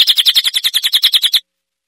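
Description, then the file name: Common iora song: a rapid run of many sharp, high chirped notes at an even pace, ending abruptly. "cililin omkicau"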